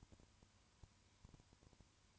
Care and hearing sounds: daily activity, microphone in the room; no activity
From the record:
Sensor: 2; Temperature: 20.3 degrees Celsius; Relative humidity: 35.6%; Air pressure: 1001.0 hPa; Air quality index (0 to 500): 196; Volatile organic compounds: 5 ppm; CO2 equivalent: 1733 ppm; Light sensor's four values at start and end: 2/3/2/2 and 2/3/2/2

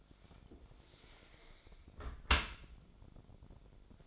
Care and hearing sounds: daily activity, microphone in the room; close dishwasher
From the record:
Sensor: 5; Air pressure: 1006.8 hPa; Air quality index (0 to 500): 183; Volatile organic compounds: 5 ppm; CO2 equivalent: 1746 ppm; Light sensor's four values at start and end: 52/145/57/57 and 52/143/56/57

